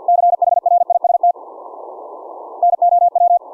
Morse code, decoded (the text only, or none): CHRIST NOW